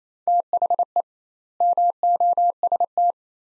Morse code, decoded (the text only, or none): THE MOST